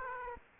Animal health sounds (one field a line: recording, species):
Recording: mosquito wingbeat signal from an infrared sensor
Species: Aedes aegypti